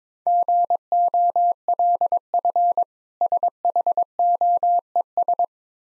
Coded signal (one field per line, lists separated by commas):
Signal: Morse code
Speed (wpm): 21 wpm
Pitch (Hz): 700 Hz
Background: none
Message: GOLF SHOES